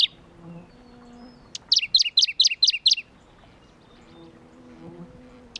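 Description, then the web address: Shrub frog calling a rapid series of about six sharp, high clicking notes over one second, with a faint low hum in the background before and after. Philautus fuscatus at Kuda, 28 June 2012. "June 28 2012 Phfuscatus Kuda"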